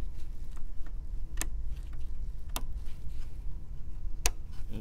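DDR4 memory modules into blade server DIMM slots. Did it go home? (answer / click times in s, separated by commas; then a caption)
yes / 1.4 s, 2.6 s, 4.3 s. DDR4 memory modules, loosely inserted into the DIMM slots of a Dell PowerEdge M630 blade server, are pressed down one after another. Sharp latch clicks sound at 1.4, 2.6 and 4.3 seconds over a low background hum, with fainter ticks in between. The modules seat, for 16 installed in total.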